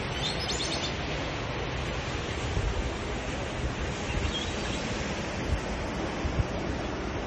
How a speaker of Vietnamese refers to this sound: Đây, cái phía sân sau. Con sông này không thật, không phải là cái hồ mà là con sông quý vị nha, cái đập nước đã trên lầu quẩy xuống chút xuống đất qua cho quý vị xem.